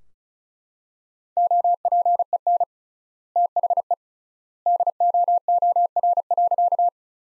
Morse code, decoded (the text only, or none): OPEN THE DOOR.